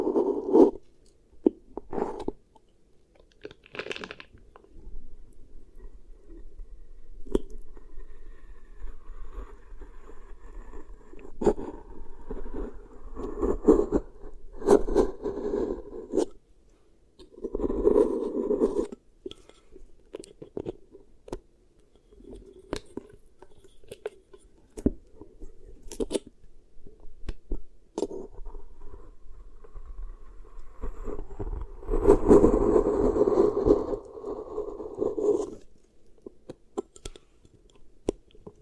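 Beeswax is worked over the microphone, giving soft, sticky crunching and crackling in irregular bursts. The busiest stretches fall around 13–15, 18 and 32–35 seconds. Between bursts come sharp little clicks and quieter rubbing, with short pauses.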